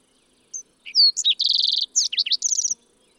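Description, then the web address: Fox sparrow song with a thin opening note, clear whistles, a fast trill, down-slurred notes and a quick rhythmic finish, lasting about two seconds. "birdsongforthecurious songs Fox Sparrow"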